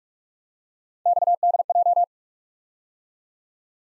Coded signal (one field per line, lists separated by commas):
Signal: Morse code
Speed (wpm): 44 wpm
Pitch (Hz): 700 Hz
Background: none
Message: XDJ